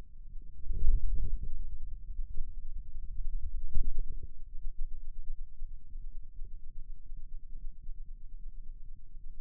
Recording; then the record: forearm muscle sounds (acoustic myography)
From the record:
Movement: radial deviation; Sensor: system 2, bracelet of six BSWA MPA416 microphones around the upper forearm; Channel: 2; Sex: male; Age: 22 years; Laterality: right